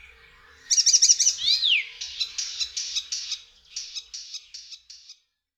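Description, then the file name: Icterine warbler song opening with a rapid high trill and a falling whistled slur, then a series of short repeated chirps in two bursts. "Zaganiacz"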